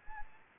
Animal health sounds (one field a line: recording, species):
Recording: mosquito wingbeat signal from an infrared sensor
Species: Anopheles gambiae